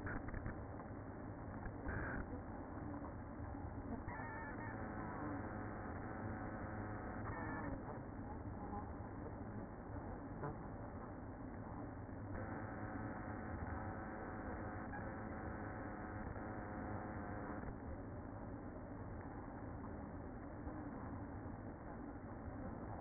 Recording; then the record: honeybee colony, microphone inside the hive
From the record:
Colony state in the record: queen present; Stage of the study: after two queens were removed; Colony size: about 60,000 bees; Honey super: yes